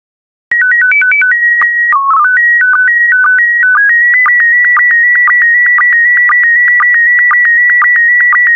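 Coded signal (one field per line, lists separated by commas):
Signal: SSTV (slow-scan television)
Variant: PD120 mode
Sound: quick warbling calibration tones, then a steady whistle broken by regular short low blips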